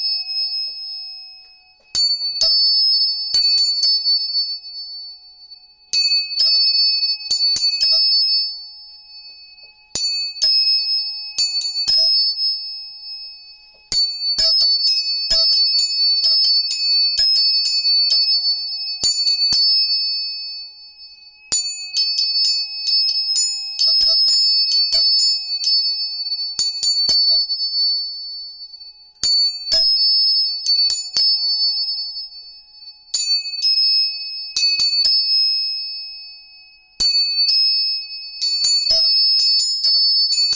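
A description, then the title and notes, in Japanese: Three tuning forks are struck again and again, each tap a sharp click followed by a pure ringing tone. A bright high pitch dominates, joined by a steadier middle tone and a faint lower one, fading slowly between strikes every few seconds, with brief silences. 音叉チューニング3本。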